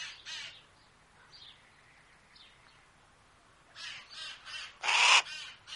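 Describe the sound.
Harris's hawk giving harsh, rasping screams: two calls at the start, a few faint notes after them, then a cluster of louder grating calls near the end, one especially loud.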